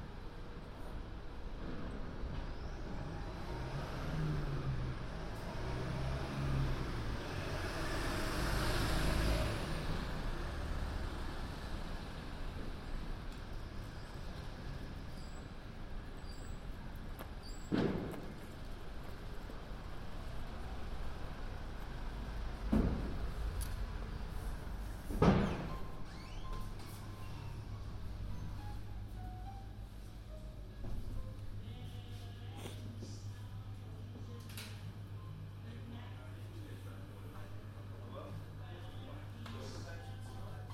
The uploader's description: a walk around London, new years eve